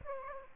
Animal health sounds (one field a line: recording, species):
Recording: mosquito wingbeat signal from an infrared sensor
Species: Aedes aegypti